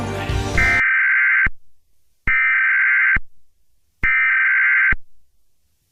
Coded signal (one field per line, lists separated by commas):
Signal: Emergency Alert System (SAME) tones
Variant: header bursts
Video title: FAKE EAS SCENARIO